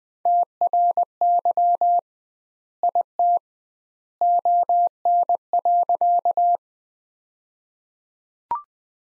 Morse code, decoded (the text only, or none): TRY IT ON.